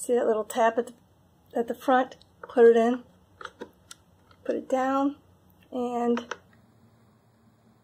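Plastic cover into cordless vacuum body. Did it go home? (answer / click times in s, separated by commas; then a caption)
no / none. A removable plastic cover is refitted onto the body of a Shark V2945Z 2-speed cordless stick vacuum, with its front tab going in first and the cover then being put down. Someone talks while brief handling sounds are heard, with short sharp ticks at about 3.5, 3.9, 4.3 and 6.5 seconds. The clip ends before the cover is moved back into place, so nothing has seated or clicked yet.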